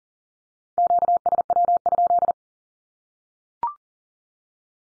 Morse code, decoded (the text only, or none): QSW?